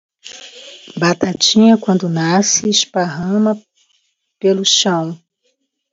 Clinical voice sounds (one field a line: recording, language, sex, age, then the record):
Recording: short text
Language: Brazilian Portuguese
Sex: female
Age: 60 to 69 years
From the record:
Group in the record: control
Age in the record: 63 years